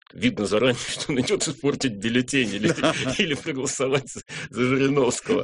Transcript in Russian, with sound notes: видно заранее, что он идет испортить бюллетень (смеются) или проголосовать за Жириновского.